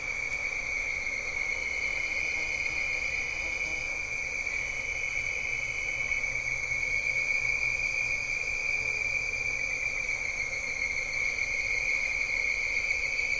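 A diffuse evening chorus of bird-voiced treefrogs fills the whole stretch, a dense, unbroken wash of high whistling calls that blur together. The level stays even throughout, with fainter, thinner tones above and a soft low hum underneath.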